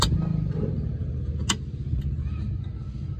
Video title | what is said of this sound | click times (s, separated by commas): NOVSIGHT H4 DA17 - How to Install Novsight for DA17 - DIY Installation - P700 Worth it nga ba!? | na, na-lock na siya. | 0.0 s, 1.5 s